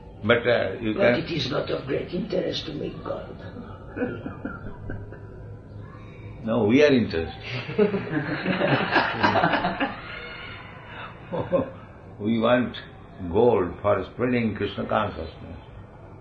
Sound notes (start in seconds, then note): 2.8 laughs; 7.5 laughter